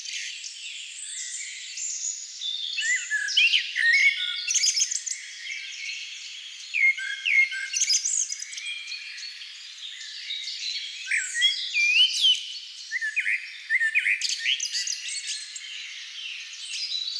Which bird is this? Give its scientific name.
Turdus merula